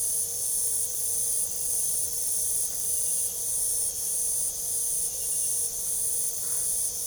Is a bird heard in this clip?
no